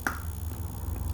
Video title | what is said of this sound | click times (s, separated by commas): Gen 1 V-Strom 650 air filter & spark plug replacement | feel it click quickly | 0.1 s